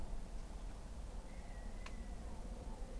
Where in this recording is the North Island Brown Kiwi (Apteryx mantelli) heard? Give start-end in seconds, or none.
none